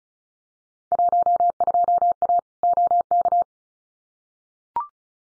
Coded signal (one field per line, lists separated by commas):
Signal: Morse code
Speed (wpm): 36 wpm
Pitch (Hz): 700 Hz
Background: none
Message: 12A OK